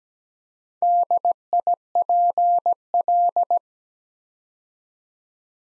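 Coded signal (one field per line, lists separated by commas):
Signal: Morse code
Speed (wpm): 17 wpm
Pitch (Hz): 700 Hz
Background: none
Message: DIPL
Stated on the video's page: Morse practice at 17 wpm building 8-letter words two letters at a time, for instant character recognition.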